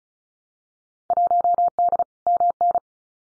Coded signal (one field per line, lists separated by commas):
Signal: Morse code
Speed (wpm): 36 wpm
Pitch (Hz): 700 Hz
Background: none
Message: 1D MN